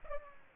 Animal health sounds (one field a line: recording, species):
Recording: mosquito wingbeat signal from an infrared sensor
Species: Culex pipiens